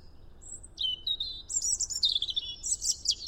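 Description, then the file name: European robin song: thin high whistled notes followed by a fast jumbled warble, over faint low background noise. "Erithacus rubecula"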